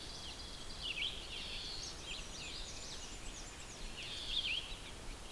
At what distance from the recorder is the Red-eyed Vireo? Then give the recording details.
about 40 m. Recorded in boreal forest in Alberta, Canada, on 6 June 2016 at 06:20. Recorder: SongMeter 3, array SBT-3-51. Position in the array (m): 59 m, 111 m